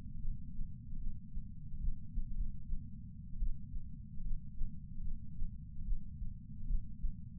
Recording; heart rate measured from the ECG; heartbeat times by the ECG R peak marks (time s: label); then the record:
heart sounds by patch sensor on the chest; 74 bpm
0.19 s: heartbeat
0.98 s: heartbeat
1.79 s: heartbeat
2.36 s: heartbeat
3.38 s: heartbeat
4.22 s: heartbeat
5.02 s: heartbeat
5.83 s: heartbeat
6.66 s: heartbeat
From the record:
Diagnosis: coronary artery disease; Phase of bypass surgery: preoperative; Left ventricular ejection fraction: 32.2%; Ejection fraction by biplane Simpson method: 32%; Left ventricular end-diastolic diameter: 64 mm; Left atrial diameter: 40 mm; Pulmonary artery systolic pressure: 18 mmHg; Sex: male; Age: 49 years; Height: 175 cm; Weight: 80 kg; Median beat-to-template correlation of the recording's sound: 0.84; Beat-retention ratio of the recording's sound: 1.00